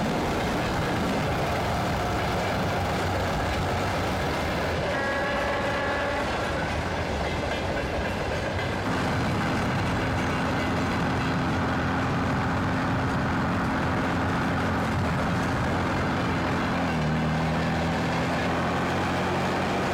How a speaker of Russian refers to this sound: Едет на перегонки с поездом.